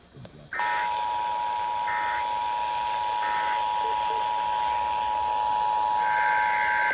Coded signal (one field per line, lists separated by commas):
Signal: Emergency Alert System (SAME) tones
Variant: 853 and 960 Hz attention tone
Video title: Sacramento Area Required Monthly Test (EAS #648-653)